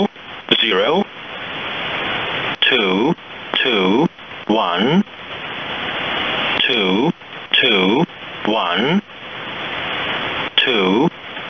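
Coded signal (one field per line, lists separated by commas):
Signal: numbers station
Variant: E07, English male voice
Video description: 3-digit ID/Group count: (0:10)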